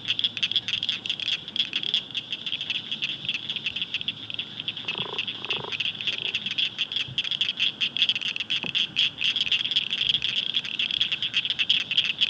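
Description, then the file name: Blanchard's cricket frog chorus of rapid, high clicking pulses throughout, with two brief lower notes around the middle. "acblanchardi"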